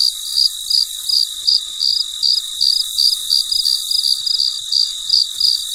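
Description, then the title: Cricket producing short, high, pulsed chirps in a steady rhythm of about three per second, over a continuous background insect hum. Recorded late at night, in very quiet surroundings. "深夜录制蟋蟀昆虫声"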